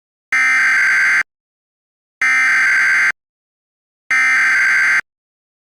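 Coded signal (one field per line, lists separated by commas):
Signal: Emergency Alert System (SAME) tones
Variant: header bursts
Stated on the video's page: Fictional EAS scenario.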